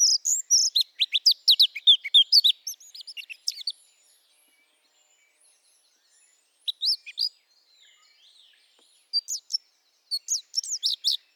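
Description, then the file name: Eurasian blackcap song: a fast, scratchy, high warble for nearly four seconds, then shorter bursts of bright notes after a pause and again near the end. "Sylvia atricapilla"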